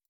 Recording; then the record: hydrophone in a shrimp aquaculture tank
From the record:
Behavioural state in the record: stressed